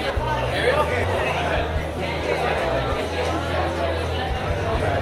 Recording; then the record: background sound without coughing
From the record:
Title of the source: CITY SOUNDS Busy Bar in the Evening Night - 2 HOURS of Ambiance for Relaxation